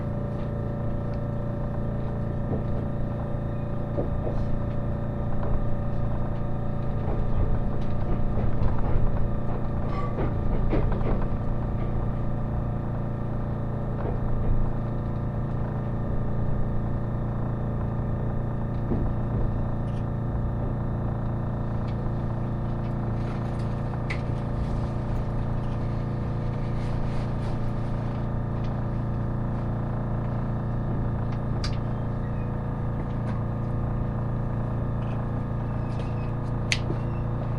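The Resort Shirakami No. 4 train runs with a steady low engine hum and constant rumble, broken by occasional faint clicks and rattles.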